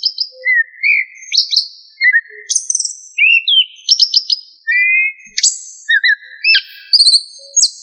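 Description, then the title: Thrush song: a varied flow of clear whistled phrases jumping between high and middle pitches. Some notes are slurred, others are quick trills, and the phrases come close together. "Familia Turdidae - Sabia"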